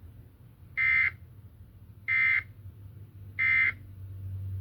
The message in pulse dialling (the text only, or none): none